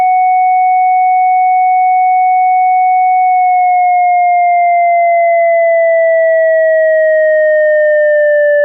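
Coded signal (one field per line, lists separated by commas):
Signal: siren signal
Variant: ASC electronic siren synth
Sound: synthesized two-tone siren, steady then gently wavering, pitch sinking slightly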